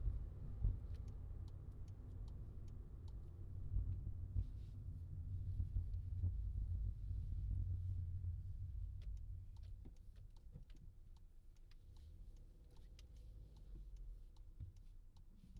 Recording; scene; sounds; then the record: everyday scene through a hearing-aid microphone; in a vehicle; engine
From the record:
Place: Skoda Fabia, gasoline engine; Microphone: in the ear canal, left